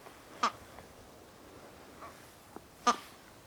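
Bird calling: two harsh, loud, noisy single notes about two and a half seconds apart, with a few fainter short sounds between them over a low background hiss.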